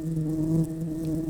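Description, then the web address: Red-tailed bumblebee buzz, a steady low droning hum with a few harmonics, holding an even pitch throughout. Worker bees. "Lapidarius workers"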